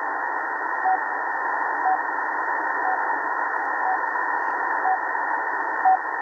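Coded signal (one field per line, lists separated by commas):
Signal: radio time signal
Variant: RWM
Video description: Empfang des starken, russischen Zeitzeichensenders RWM auf 4997 Khz. Gesendet werden Sekunden Impulse und nach jeder Minute ein längerer Ton.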